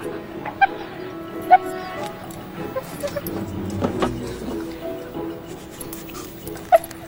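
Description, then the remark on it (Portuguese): A dog, Mr. Fedor, sniffs around steadily to track people down by their scent, letting out a few short, high-pitched whimpers at scattered moments over a low, rumbling background. “Ah, não, eles arrumaram um cachorro.”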